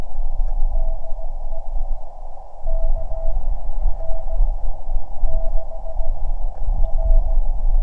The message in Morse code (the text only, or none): DE KN6R